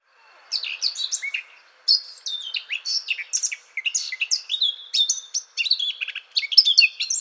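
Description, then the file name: Eurasian blackcap warbling rapidly, with a brief gap near two seconds, then a rich, tumbling stream of high notes rising and dipping until the end. "Sylvia atricapilla"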